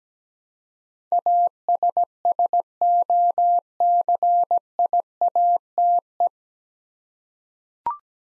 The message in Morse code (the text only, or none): ASSOCIATE